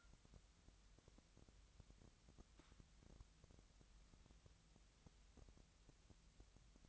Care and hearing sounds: daily activity, microphone in the room; wipe stove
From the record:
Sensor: 3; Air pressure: 1003.3 hPa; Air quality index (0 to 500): 200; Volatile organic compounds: 7 ppm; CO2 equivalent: 1952 ppm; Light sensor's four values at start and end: 11/26/11/11 and 11/26/11/11

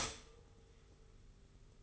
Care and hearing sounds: daily activity, microphone in the room; stop toaster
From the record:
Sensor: 4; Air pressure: 991.5 hPa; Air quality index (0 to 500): 136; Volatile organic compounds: 54 ppm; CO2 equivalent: 3341 ppm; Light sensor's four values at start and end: 17/57/21/21 and 17/57/21/21

